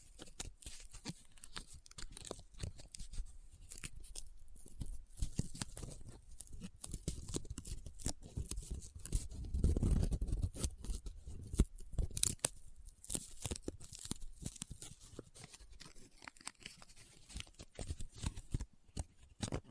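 Close-up paper crinkling and rubbing, a dense stream of sharp crackles and scratches, swelling into a heavier rustle around ten seconds.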